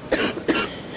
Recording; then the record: coughing mixed with background sound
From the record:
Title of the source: 31 night wet cough